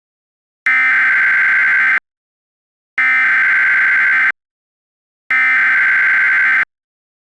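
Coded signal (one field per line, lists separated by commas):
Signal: Emergency Alert System (SAME) tones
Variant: header bursts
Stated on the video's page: Fictional, mock EAS alert.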